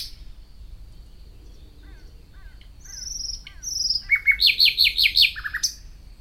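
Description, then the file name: Common nightingale song: soft scattered notes and thin whistles build into a loud rapid series of pulsed, throbbing notes, then a sharp end. "Luscinia megarhynchos"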